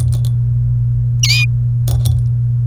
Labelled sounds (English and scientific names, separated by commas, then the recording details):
Domestic Canary (Serinus canaria) song
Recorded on 29 April 2018 at 17:07
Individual llb3